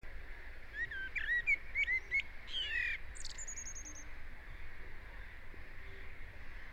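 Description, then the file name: Common blackbird song: a run of fluty whistled notes followed by a high, rapid twittered flourish, then quieter background noise. "Turdus merula"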